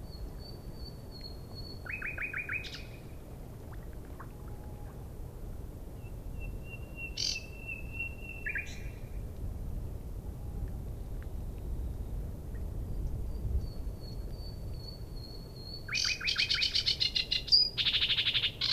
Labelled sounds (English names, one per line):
Sedge Warbler song